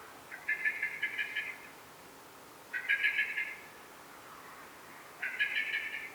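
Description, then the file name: Common blackbird calling, three bursts of rapid harsh chattering notes about every two and a half seconds, with quiet background. "Turdus merula"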